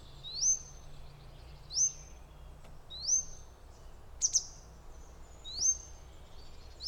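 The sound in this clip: Grey wagtail calls: thin, high notes that slur upward and level off, repeated every second or so, with one sharp double tick over a low steady rumble.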